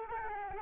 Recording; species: mosquito wingbeat signal from an infrared sensor; Aedes albopictus